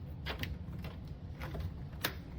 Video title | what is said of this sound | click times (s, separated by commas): A short guide on how to build a PC | click click and that's your RAM | 0.4 s, 2.0 s